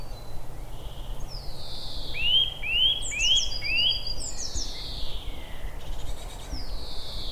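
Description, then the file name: Eurasian nuthatch call: a series of four upward-sliding whistles in about two seconds, overlapped by sharp descending calls from other birds. "Sitta europaea"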